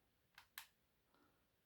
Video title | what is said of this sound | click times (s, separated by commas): Mounjaro Week 3 Results 4/13/24. Some shocking news! | it's on the green unlock now so and you going to put it on that spot you just wiped | 0.4 s, 0.6 s